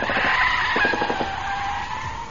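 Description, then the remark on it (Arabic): A loud, sustained screech of car tires skidding, with high squealing bands and a rough rumble underneath, easing slightly toward the end; a car speeding through the streets of Washington during a chase. No voices. “المطاردة مستمرة لكنها لن تطول، لابد من عربية لوري أو سكير مترنح أو امرأة تتعلم القيادة تعترض سيارتها طريقة فيضطر إلى ضغط الفرامل، وعندئذ لن تطول المطاردة.”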